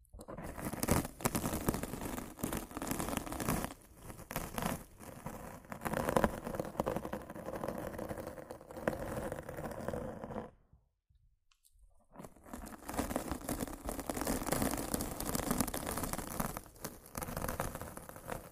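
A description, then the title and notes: Rough scratching and brushing against a microphone, a dense, crackling rub that fills the low and middle range with frequent sharper scrapes. It runs steadily, then drops almost to silence for about a second and a half near the eleven-second mark before resuming. Rough Mic Scratching & Brushing (No Talking).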